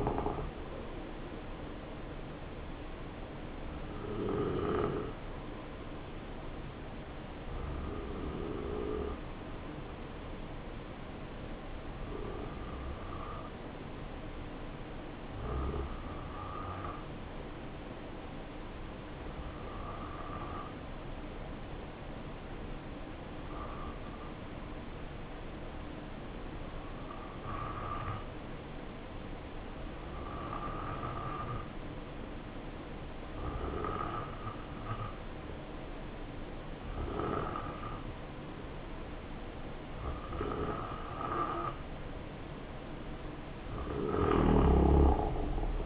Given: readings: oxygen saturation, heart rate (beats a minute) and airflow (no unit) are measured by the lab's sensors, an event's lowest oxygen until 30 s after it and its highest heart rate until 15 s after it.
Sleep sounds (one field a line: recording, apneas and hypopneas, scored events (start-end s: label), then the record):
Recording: breathing in sleep by a voice recorder at the bedside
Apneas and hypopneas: 1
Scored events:
6.00-39.80 s: hypopnea (N2, oxygen 93% highest, then 86% lowest, heart rate 64 at the start, 70 highest)
From the record:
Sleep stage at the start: N2 (light sleep)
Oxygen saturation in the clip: 84 to 93%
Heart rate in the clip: 63 to 70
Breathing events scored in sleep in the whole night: 277 in 7.4 hours asleep